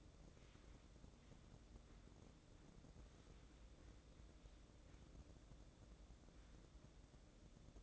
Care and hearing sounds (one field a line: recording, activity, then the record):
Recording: daily activity, microphone in the room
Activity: wipe stove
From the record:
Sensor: 3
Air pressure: 1012.3 hPa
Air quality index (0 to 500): 174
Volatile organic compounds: 3 ppm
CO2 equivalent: 1328 ppm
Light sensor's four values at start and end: 598/1486/614/628 and 598/1486/614/628